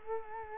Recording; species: mosquito wingbeat signal from an infrared sensor; Culex quinquefasciatus